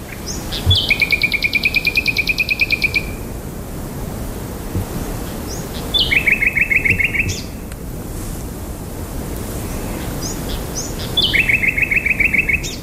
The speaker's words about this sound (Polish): a przywitają nas ptasie trele.